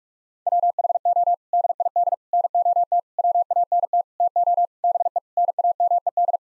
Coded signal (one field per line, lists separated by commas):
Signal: Morse code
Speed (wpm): 47 wpm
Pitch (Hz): 700 Hz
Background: none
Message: WHO DID NOT WANT TO BE NAMED